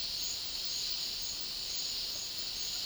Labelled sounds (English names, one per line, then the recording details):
none
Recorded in dense forest near Puerto Asís, Putumayo, Colombia, on 18 February 2024 at 12:30
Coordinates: 0.500, -76.322
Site G6465